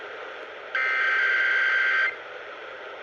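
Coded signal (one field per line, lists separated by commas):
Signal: Emergency Alert System (SAME) tones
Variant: header bursts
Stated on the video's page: Real Required Monthly Test originated by WNYC-FM 93.9 MHz, caught on five different radio stations in New York City.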